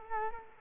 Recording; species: mosquito wingbeat signal from an infrared sensor; Culex quinquefasciatus